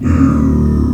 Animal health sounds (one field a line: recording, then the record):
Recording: squeal of a Yucatan mini pig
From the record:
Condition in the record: after surgery on the right vocal fold (resection and tissue-engineered implant)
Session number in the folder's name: 11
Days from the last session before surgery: 98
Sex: female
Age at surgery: 19 weeks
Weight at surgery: 25 kg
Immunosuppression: prednisolone